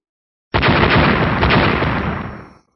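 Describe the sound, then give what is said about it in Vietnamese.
A loud, sudden burst of overlapping explosions blasting earth and rock apart roars for about two seconds, a dense rumbling barrage with crackling blasts that gradually tapers off. No voices are heard. “Từng âm thanh nổ tung vang lên liên tiếp không ngừng, vô số đất đá bị thổi bay tứ tán.”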